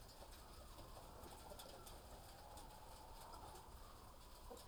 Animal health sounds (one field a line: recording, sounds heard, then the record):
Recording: poultry house recording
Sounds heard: healthy chickens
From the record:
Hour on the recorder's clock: 18